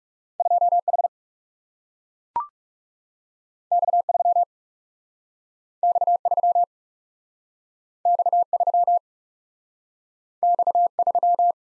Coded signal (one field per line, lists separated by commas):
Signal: Morse code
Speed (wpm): 38 wpm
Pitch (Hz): 700 Hz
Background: none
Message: 2 H X 3 X 3 X 3 X 3